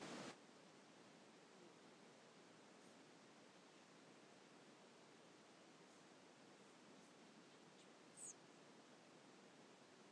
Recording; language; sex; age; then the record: spoken sentence; Brazilian Portuguese; female; 40 to 49 years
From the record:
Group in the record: control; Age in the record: 41 years